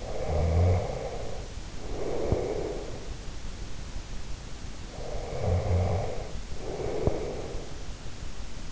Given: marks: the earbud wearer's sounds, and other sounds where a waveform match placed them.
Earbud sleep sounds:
sounds in sleep by an in-ear microphone; snoring breath, breath, teeth grinding
0.00-3.35 s: snoring breath
4.73-8.00 s: breath
6.99-7.28 s: teeth grinding

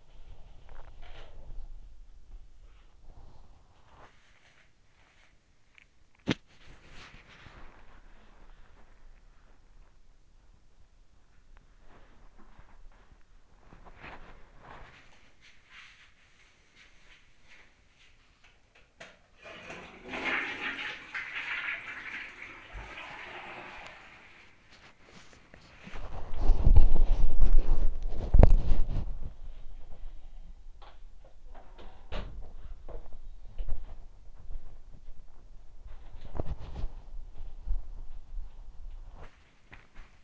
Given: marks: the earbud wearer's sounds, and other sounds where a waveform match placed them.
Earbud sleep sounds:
sounds in sleep by an in-ear microphone; body movement
0.00-40.24 s: body movement
29.08-31.18 s: sound from someone else or the room

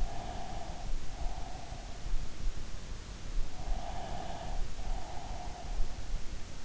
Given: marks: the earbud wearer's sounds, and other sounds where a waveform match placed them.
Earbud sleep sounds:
sounds in sleep by an in-ear microphone; breath
0.00-2.19 s: breath
3.42-6.07 s: breath

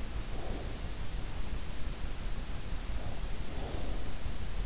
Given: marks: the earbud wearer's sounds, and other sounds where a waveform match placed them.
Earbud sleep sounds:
sounds in sleep by an in-ear microphone; breath
0.00-0.96 s: breath
3.43-4.34 s: breath

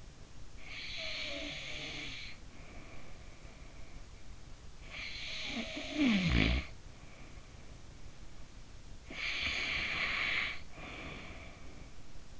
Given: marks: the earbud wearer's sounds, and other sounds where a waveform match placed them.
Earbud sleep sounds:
sounds in sleep by an in-ear microphone; breath, snoring breath
0.00-3.03 s: breath
4.12-7.43 s: snoring breath
8.57-12.40 s: breath

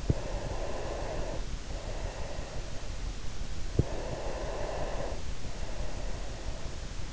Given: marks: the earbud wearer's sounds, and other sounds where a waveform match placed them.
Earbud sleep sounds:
sounds in sleep by an in-ear microphone; breath
0.12-3.30 s: breath
3.89-7.13 s: breath

